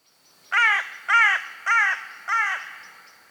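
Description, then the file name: Carrion crow giving four harsh, rasping caws about half a second apart, each with a slightly arched, rising-then-falling tone, in an otherwise quiet setting. "Corvus corone"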